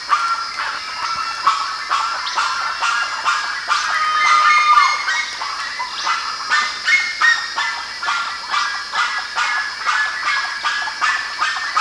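Birds calling together, a steady stream of short rasping notes with a few clearer whistled calls near the middle, pulsing roughly every half second toward the end.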